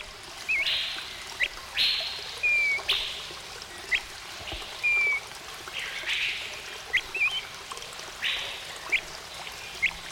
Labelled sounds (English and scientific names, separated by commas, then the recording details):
Crested Partridge (Rollulus rouloul)
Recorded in captivity
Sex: male
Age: adult
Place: Zoo Berlin, Berlin, DE
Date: 1994-02-12 11:15
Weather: bedeckt, leichter Schneefall, um 0°C
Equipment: Marantz CP 430, Sennheiser MKH 416 T, Kopie Uher Variocord 263
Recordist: Tembrock, Günter